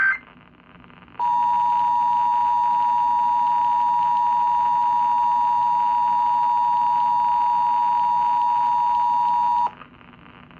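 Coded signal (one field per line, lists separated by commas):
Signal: Emergency Alert System (SAME) tones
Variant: 853 and 960 Hz attention tone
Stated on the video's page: Severe thunderstorm warning SAME tones broadcast on AM radio station at 820 kHz, Fort Worth, Texas.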